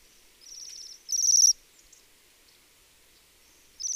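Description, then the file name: Bohemian waxwing, a soft high trill followed at once by a louder ringing buzzy trill, a pause, then another trill beginning at the end. "Sidensvans"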